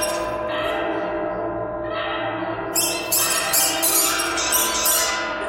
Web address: soundfactory birds birds birds thread buzz all